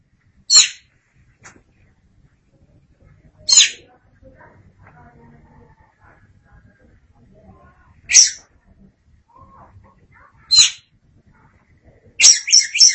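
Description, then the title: Oriental magpie-robin giving short, harsh, rasping notes a few seconds apart, ending in a quick stuttering burst of scratchy notes. Chirping song. "Suara Kicauan Burung Kacer"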